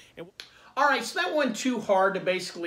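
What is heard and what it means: A ball lock quick-disconnect is pushed all the way down onto a corny keg post so it sits properly. A faint tap at 0.2 s is followed by a sharp click at 0.4 s as the connector seats, and then someone talks.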